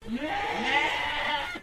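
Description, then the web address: Sheep bleating: one long, wavering, nasal baa that holds steady for over a second, then fades. Young Shropshire sheep. "Sound Effects-Foundation 1 ANIMAL SHEEP SHROPSHIRE YOUNG BAA"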